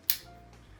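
The back of a Nauticam NA A7III underwater camera housing is pushed onto the housing body after the camera screen, which was too far forward, is repositioned. Its latches close with one loud, sharp click at 0.1 s, followed by a faint tone fading out. The housing back is seated and closed.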